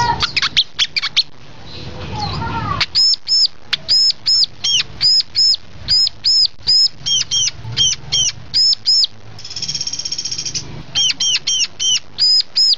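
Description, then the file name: Olive-backed sunbird giving a long series of thin, high, sharp notes, with a rustling, flapping sound near the start and a brief buzzy trill late in the series. "kolibri sriganti omkicau"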